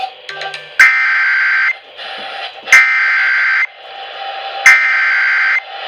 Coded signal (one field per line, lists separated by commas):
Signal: Emergency Alert System (SAME) tones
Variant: header bursts